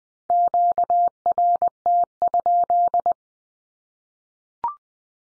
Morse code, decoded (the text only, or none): QRT?